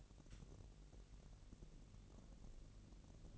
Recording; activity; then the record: daily activity, microphone in the room; take from stove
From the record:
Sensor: 4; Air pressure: 1002.9 hPa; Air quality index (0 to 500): 238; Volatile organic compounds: 10 ppm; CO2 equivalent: 2236 ppm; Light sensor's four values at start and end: 7/16/6/6 and 7/15/6/6